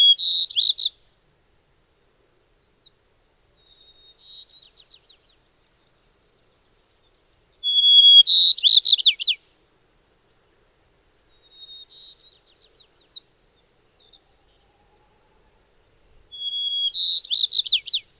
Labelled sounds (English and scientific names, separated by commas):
White-crowned Sparrow (Zonotrichia leucophrys) song